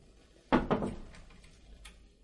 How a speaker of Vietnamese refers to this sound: Thấy gã đang quét dọn bên trong, người này bèn cẩn thận gõ cửa.